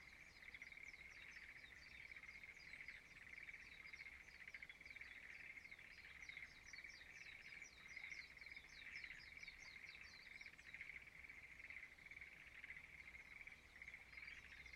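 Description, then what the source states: Frogs calling together in a constant buzzing, pulsed trill, joined by a run of rapid, repeated high chirps through most. Frogs singing in a rice field at dawn in Izumo, Shimane Prefecture, Japan.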